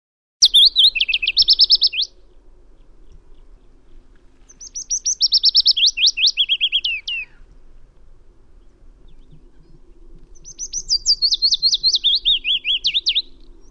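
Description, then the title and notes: Willow warbler singing three phrases, each a rapid cascade of sweet notes, the last two sliding downward, spaced by pauses of a few seconds, with a faint low hum behind. "Lyden av løvsanger by forskningno"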